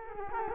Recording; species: mosquito wingbeat signal from an infrared sensor; Culex quinquefasciatus